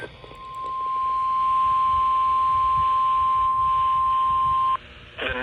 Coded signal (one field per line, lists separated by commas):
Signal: Emergency Alert System (SAME) tones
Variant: 1050 Hz attention tone